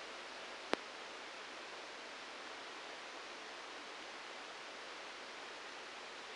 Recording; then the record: brain microelectrode recording played as sound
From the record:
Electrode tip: outside the subthalamic nucleus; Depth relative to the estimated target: 0 mm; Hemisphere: right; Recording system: NeuroSet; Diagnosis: Parkinson's disease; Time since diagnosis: 9 years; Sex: male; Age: 56 years